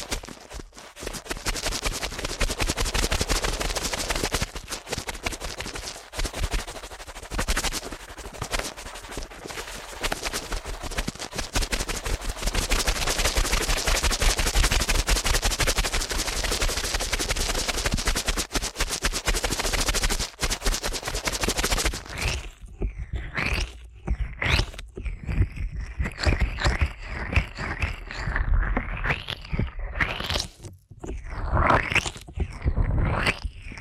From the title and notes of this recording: ASMR Ear Cleaning at Helicopter Speed for the Heavily Immune (No Talking).